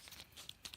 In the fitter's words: That sounded like a nice satisfying click, didn't it? But it's not, it's dead loose.